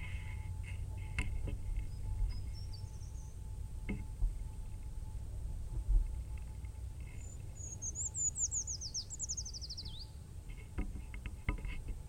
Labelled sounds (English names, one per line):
Short-toed Treecreeper song